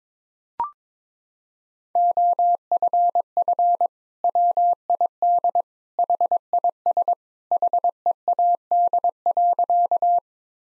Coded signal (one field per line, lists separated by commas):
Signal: Morse code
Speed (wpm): 21 wpm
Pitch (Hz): 700 Hz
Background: none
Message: OFF WID HIS HEAD.